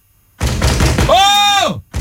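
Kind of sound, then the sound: impact, pounding on a door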